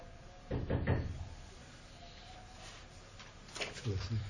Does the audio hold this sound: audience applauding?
no